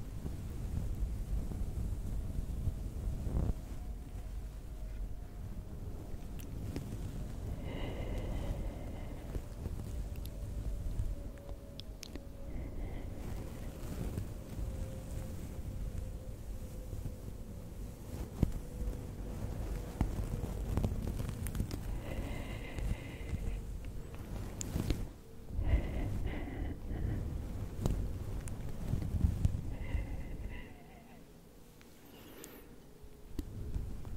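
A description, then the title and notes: Long nails scratch through hair, a dense, steady rustling rasp over a low rumble. Sharper, brighter scratching strokes stand out every few seconds, and a faint hum drifts slowly lower underneath. It quiets briefly near the end. ASMR Tingly Head Scratching w Long Nails.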